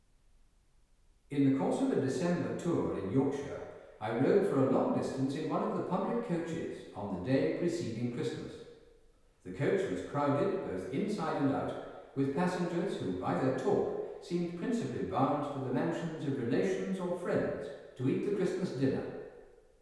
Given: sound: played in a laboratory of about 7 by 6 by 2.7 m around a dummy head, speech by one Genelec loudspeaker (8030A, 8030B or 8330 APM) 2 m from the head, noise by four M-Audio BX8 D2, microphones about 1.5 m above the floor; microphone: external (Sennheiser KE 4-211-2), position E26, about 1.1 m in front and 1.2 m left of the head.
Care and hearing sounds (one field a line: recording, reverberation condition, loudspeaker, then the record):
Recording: male speech in English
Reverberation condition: high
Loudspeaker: 150 degrees to the right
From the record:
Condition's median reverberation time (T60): about 1300 ms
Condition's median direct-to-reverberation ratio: about -4.0 dB